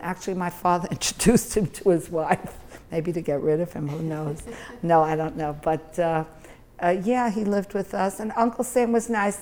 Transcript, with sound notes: And actually my father introduced him to his wife. Maybe to get rid of him, who knows? (laughing) No. I don't know. But ah, yeah, he lived with us. And Uncle Sam was nice.